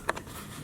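A release tab is pushed to unplug the wiring harness connector from an old Honda car door switch. A sharp click at 0.09 s is followed by a fainter tick at 0.17 s over a low steady background hiss. The connector latch releases from the switch.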